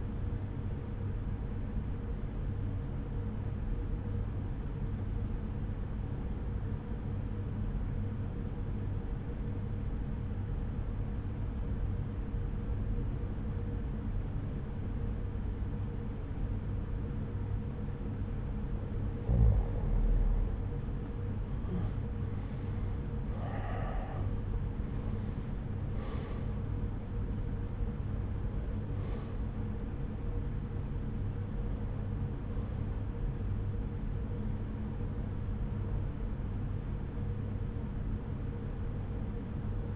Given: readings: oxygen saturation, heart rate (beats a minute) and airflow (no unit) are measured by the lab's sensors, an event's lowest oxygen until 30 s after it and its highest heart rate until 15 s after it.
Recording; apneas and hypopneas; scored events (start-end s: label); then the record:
breathing in sleep by a smartphone at the bedside; 1
6.00-20.30 s: obstructive apnea (N1, oxygen 96% highest, then 84% lowest)
From the record:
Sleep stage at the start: N1 (lightest sleep); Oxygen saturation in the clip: 85 to 96%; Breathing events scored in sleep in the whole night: 303 in 8.1 hours asleep